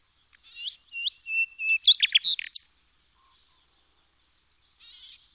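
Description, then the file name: Common nightingale singing slow, swelling whistled notes that build into a sharp, loud stuttering climax, followed by quiet and a soft phrase. "Luscinia megarhynchos"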